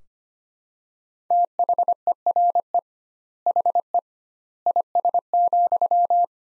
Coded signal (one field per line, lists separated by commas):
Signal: Morse code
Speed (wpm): 25 wpm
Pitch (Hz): 700 Hz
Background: none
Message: THERE HE IS,